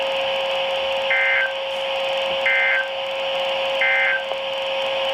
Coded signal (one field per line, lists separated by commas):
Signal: Emergency Alert System (SAME) tones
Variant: end-of-message bursts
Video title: EAS #30 NOAA Servere Thunderstorm Warning Nash & Wilson (4/28/23)